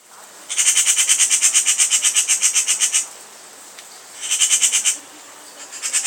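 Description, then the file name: Eurasian magpie chattering call, a harsh rapid rattle of dry notes for about two and a half seconds, then a shorter rattle burst and the start of another. "Pica pica"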